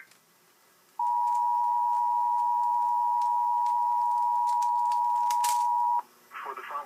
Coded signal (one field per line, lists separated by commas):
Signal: Emergency Alert System (SAME) tones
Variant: 853 and 960 Hz attention tone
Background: speech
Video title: EAS 851 HWW For Monmouth NJ